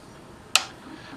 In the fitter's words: when the pen has been popped through the plate quite often you will hear a popping sound